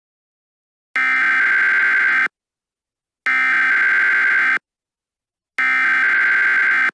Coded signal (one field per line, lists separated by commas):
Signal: Emergency Alert System (SAME) tones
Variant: header bursts